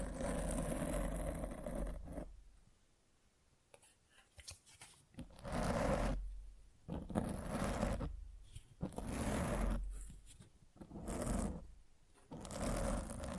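Scratching and rubbing against a microphone comes in rough, dense bursts that fill everything from deep rumble to bright hiss. Loud stretches run at the start, around 5–7 seconds, 8–10 seconds, 11 seconds and the end, broken by nearly silent gaps.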